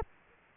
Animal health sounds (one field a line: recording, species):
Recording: mosquito wingbeat signal from an infrared sensor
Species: Culex quinquefasciatus